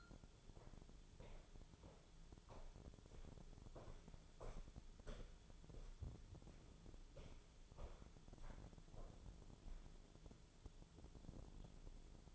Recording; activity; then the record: daily activity, microphone in the room; walk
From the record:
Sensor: 5